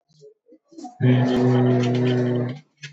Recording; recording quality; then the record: sustained vowel as in boot; moderate, slight background noise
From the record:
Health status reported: exposed to COVID-19, no respiratory illness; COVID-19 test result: negative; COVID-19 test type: RT-PCR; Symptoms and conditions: cough, cold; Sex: male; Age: 28 years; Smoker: no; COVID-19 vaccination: both doses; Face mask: worn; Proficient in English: yes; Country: India